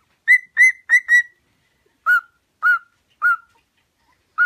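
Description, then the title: Cockatiel whistled song: a quick run of four bright whistled notes, then a pause and several slightly lower whistled notes. Song for training cockatiels. "Canto Para Treinar Calopsita"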